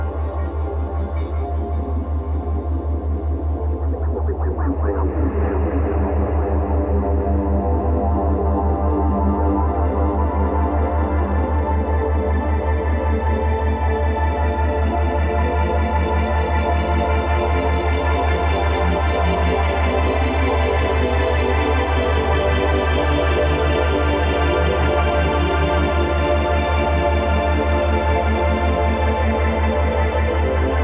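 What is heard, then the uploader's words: Full-spectrum binaural ambience: a dense, steady wash of layered tones with a strong, unchanging low hum underneath. Around five seconds a brighter shimmer rises, and from then on the upper layers fill in and hold at an even, loud level to the end. Full-spectrum binaural ambience.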